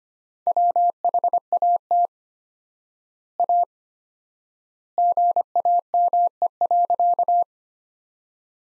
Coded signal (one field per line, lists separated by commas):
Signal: Morse code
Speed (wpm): 25 wpm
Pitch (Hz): 700 Hz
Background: none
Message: WHAT A GAME.